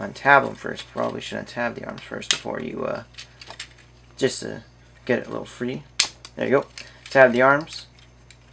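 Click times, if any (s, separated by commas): 8.3 s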